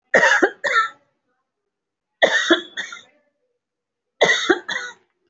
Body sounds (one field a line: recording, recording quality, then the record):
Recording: shallow voluntary cough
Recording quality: excellent, no background noise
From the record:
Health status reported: respiratory illness, not identified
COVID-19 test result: negative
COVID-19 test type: RT-PCR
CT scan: not taken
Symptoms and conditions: breathing difficulty, muscle pain, another respiratory illness, another condition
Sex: female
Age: 37 years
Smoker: no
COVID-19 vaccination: one dose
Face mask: worn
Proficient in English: no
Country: India